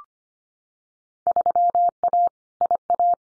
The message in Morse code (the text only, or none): 3A IA